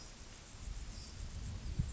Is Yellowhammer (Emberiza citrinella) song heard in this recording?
no